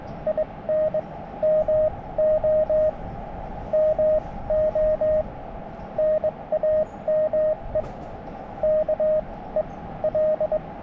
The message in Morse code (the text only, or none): IN MOMO NAME KEL